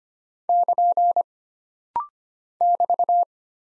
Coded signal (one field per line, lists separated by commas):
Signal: Morse code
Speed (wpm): 25 wpm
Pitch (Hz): 700 Hz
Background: none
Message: <KN> <BT>